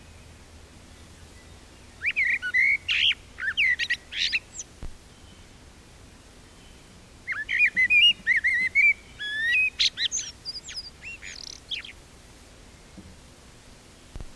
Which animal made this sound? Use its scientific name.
Turdus merula